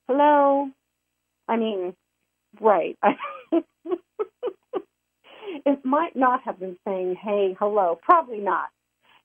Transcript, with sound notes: I mean, right. (laughs) It might not have been saying, "Hey. Hello." Probably not.